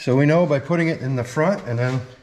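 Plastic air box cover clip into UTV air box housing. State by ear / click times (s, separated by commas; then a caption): not seated / none. A plastic air box cover, sealed with foam, is being refitted front first into the air box housing of a 2026 Can-Am Defender HD11 UTV while someone talks. Only speech and faint handling are heard. The cover clip has not snapped home yet, and nothing has seated or clicked.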